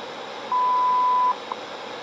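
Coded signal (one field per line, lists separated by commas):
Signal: radio time signal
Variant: WWV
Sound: radio hiss, then one steady 0.8-second beep, then a faint short tick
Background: radio static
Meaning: An 0.8-second 1000 Hz tone marks the start of a minute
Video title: WWV time signal 10000 KHz received on Realistic DX-55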